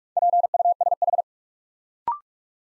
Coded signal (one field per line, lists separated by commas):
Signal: Morse code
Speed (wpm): 44 wpm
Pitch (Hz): 700 Hz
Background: none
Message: PUSH